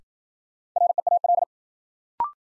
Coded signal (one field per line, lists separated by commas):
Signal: Morse code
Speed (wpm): 52 wpm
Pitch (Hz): 700 Hz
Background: none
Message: REAL